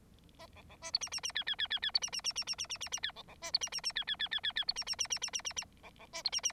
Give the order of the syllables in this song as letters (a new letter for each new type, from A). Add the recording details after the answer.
A B B C D E E E F F F F F D E E E E E E E E E F B B C D E E E F F F F F F D E E E E E E E E B B C D E E. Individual Bird9